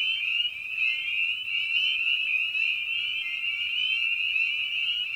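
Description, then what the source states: Spring peeper chorus of many frogs, shrill upslurred peeps blending into a steady high ringing, with no other clear sounds. Evening at a frog pond; presented in a modified format intended as a sleep aid.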